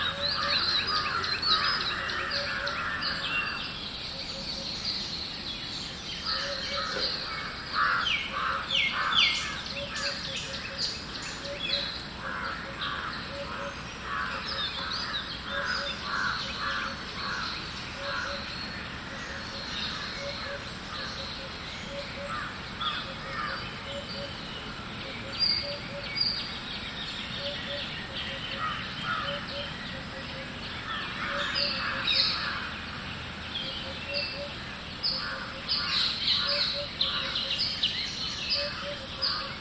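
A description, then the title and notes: Birds trade calls back and forth, short bright phrases answering each other in bursts every few seconds across the whole recording. Harsh, crow-like cawing mixes in among them, over a steady outdoor hiss and a faint low rumble. Call and response birds. This is a binaural mix of a nature soundscape involving a particular call and response, recorded while I was staying in Auroville, India. Recorded by Raghavendran Rajagopal.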